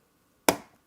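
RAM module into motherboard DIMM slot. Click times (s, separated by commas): 0.5 s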